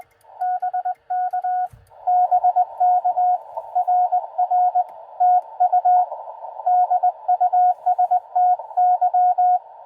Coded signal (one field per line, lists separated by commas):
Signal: Morse code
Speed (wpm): 21 wpm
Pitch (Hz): 720 Hz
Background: radio noise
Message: BK BK RR TU DUSTY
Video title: Bug POTA Activation QRP with ham stick and battery (also see description below)